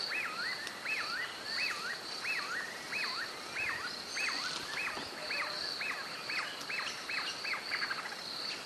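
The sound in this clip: Spotted puffbird repeating wavy, looping whistled notes throughout, with a continuous high-pitched insect drone behind.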